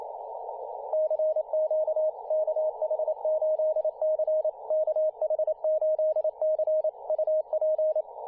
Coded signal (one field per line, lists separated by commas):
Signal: Morse code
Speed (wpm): 28 wpm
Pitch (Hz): 620 Hz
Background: radio noise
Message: CQ KH8C KH8C UP